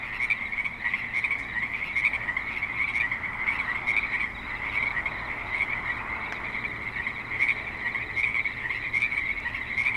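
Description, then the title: Frog chorus of many rapid, raspy croaks blending into a constant high trill, with individual calls pulsing out above it. Creek in suburban Spanish Springs, Nevada. "Frogs in Spanish Springs, NV - creek view"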